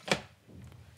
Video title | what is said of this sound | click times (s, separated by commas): The Fellow Ode Grinder - 2020's Most Anticipated Coffee Product | So this thing very neatly clicks into place. | 0.1 s